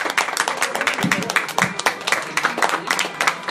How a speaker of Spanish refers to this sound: Damas y caballeros, tenemos aquí a un Tusken Raider. ¡Un Tusken Raider, por favor! ¡Fuerte aplauso para el Tusken Raider!